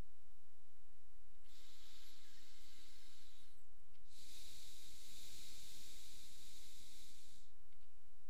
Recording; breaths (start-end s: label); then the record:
nose breathing near a microphone
1.35-3.85 s: inhalation
3.85-7.75 s: exhalation
From the record:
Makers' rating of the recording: medium